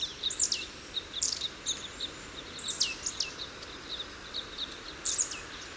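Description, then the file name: Red crossbill flight calls: clipped, descending chips given in short clusters with gaps, against constant background hiss. Call type N; flight calls. "Red Crossbill Type N - FCs"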